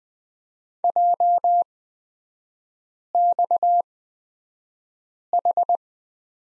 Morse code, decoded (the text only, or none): JXH